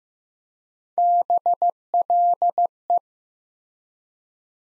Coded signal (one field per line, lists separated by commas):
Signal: Morse code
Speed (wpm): 15 wpm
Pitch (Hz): 700 Hz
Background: none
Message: BLE